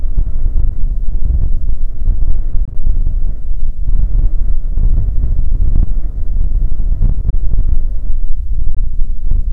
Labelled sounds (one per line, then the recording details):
wind
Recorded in the Prudhoe Bay oil fields, Alaska, on 15 May 2019 at 00:03
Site 19